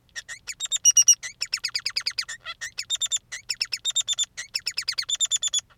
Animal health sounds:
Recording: song of a male Bengalese finch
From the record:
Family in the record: son of father 3

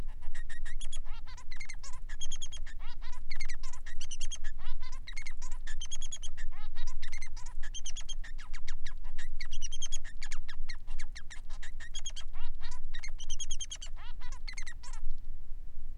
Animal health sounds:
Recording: song of a male Bengalese finch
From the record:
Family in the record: son of father 3

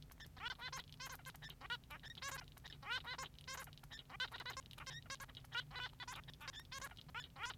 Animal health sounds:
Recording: song of a male Bengalese finch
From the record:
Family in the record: son of father 3

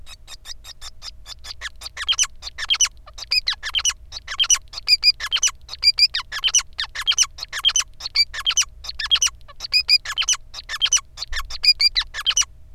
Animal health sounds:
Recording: song of a male Bengalese finch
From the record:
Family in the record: son of father 5

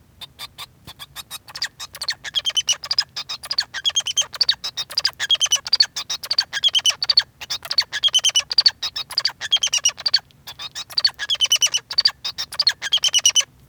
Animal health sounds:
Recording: song of a male Bengalese finch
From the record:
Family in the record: son of father 2

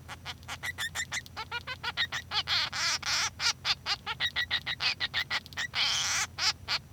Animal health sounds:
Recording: song of a male Bengalese finch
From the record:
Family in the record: son of father 3

